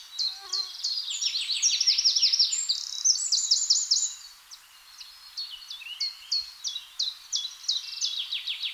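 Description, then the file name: Eurasian wren song: loud, rapid high trills and sharp chattering notes, pausing briefly near four seconds, then evenly spaced ticking notes and another trill. "Troglodytes troglodytes"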